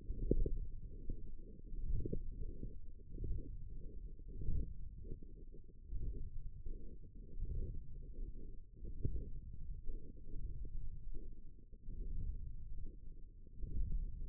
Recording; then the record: forearm muscle sounds (acoustic myography)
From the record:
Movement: wrist flexion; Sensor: system 1, eight BSWA MPA416 microphones around the upper forearm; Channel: 7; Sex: female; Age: 22 years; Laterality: right